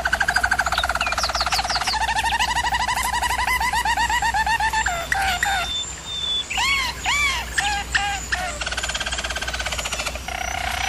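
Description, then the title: German Roller canary singing rapid repeated pulsed notes, then a few rising-falling swept notes and buzzy trills. German Roller canary singing, for canary training. "German Roller Canary Singing - Canary Training Vid"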